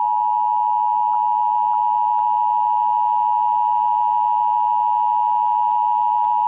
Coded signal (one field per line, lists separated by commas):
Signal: Emergency Alert System (SAME) tones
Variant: 853 and 960 Hz attention tone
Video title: Eas Recreation| TORNADO WARNING ; SHREVEPORT LA 04/09/15